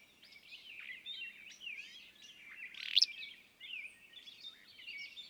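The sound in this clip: Willow flycatcher giving a single short, sneezy burst midway through, set against a busy chorus of thin, high chirps and trills from other birds.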